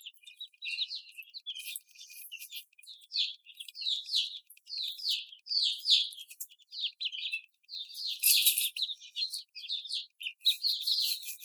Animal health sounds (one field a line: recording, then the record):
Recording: young laying hens in a cage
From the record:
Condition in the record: after the stressor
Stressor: simulated dog barking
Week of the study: 4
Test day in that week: 2